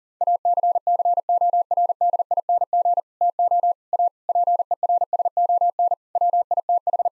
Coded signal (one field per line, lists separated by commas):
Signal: Morse code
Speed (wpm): 37 wpm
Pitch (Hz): 700 Hz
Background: none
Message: ACCORDING TO A PERSON WITH